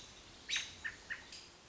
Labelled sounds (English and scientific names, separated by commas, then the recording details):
American Robin (Turdus migratorius)
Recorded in Sonoma County, California